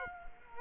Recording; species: mosquito wingbeat signal from an infrared sensor; Culex quinquefasciatus